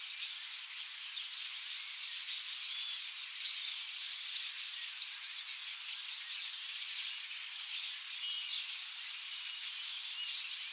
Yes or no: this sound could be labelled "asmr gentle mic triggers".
no